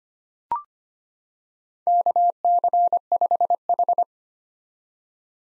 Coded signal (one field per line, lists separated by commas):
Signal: Morse code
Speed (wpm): 25 wpm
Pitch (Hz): 700 Hz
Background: none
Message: KC5H